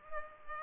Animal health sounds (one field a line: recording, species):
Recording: mosquito wingbeat signal from an infrared sensor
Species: Culex pipiens